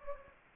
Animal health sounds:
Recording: mosquito wingbeat signal from an infrared sensor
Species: Anopheles gambiae

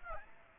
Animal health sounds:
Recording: mosquito wingbeat signal from an infrared sensor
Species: Aedes aegypti

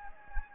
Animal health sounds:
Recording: mosquito wingbeat signal from an infrared sensor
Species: Anopheles gambiae

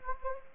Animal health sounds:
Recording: mosquito wingbeat signal from an infrared sensor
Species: Anopheles gambiae

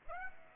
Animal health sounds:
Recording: mosquito wingbeat signal from an infrared sensor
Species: Aedes aegypti

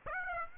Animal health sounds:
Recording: mosquito wingbeat signal from an infrared sensor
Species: Aedes aegypti

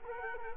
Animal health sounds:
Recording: mosquito wingbeat signal from an infrared sensor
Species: Culex quinquefasciatus

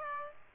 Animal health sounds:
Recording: mosquito wingbeat signal from an infrared sensor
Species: Aedes aegypti

